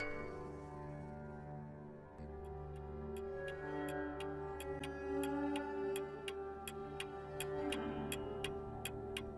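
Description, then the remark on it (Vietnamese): A clock ticks near midnight in a steady, even rhythm, each crisp click sharp and bright, sounding alone over a low, droning background hum with no voices. “Kim đồng hồ chưa qua tích tắc, Nhi nằm trên giường mà cảm thấy nhịp tim của mình đang đập mỗi lúc một nhanh.”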